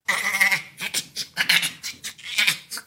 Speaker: All right, what you're hearing is the infectious laughter of the bonobo.